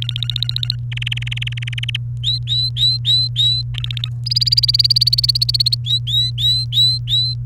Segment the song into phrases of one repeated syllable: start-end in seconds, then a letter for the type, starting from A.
0.02-0.75 A, 0.92-1.96 B, 2.23-3.62 C, 3.74-4.09 A, 4.26-5.75 D, 5.85-7.34 C